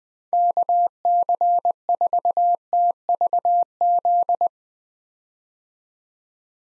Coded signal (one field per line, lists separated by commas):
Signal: Morse code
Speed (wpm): 21 wpm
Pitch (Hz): 700 Hz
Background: none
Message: KC4TVZ